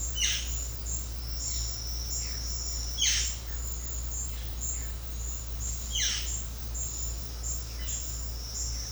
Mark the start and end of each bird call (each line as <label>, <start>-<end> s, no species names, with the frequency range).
bird call (0.3-7.5 kHz), 0.12-0.53 s
bird call (1.4-6.9 kHz), 2.94-3.40 s
bird call (0.8-7.3 kHz), 5.83-6.38 s
bird call (1.1-5.7 kHz), 7.72-8.03 s